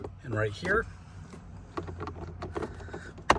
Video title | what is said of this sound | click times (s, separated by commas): 2020 Toyota RAV4: Replacing the cabin air filter | we'll lift the glove box door up till it snaps right right here | 3.3 s